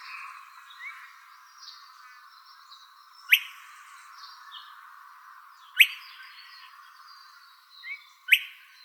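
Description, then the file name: Buff-collared flycatcher calls: three sharp, abrupt rising chip notes spaced a few seconds apart, over faint background bird twittering. Calls recorded in Arizona. "BCFL CALLS. deviche"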